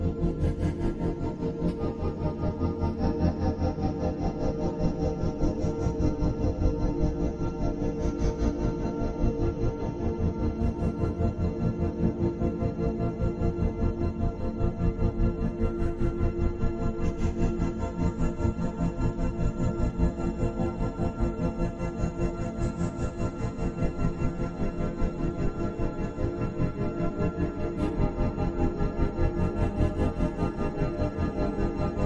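Isochronic tones pulse rapidly and evenly through all 32 seconds, layered over a warm, sustained drone with ringing, bowl-like tones. The sound is dense and strongly weighted toward the low end, with a faint airy shimmer above that occasionally flickers brighter.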